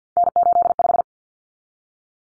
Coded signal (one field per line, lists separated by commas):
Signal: Morse code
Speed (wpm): 50 wpm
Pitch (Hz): 700 Hz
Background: none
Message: N85